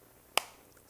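A small accessory piece is worked onto a Milwaukee M12 cordless rotary multitool until it snaps into place. Against a quiet background, a single sharp, loud snap lands at 0.4 s and fades quickly. The piece is seated.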